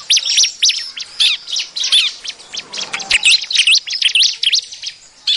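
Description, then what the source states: Bar-winged prinia calls: a jumble of high twittering and wavering notes, lively at first, thinning toward the end with a few last sharp chirps. Noisy, busy calls used as a lure.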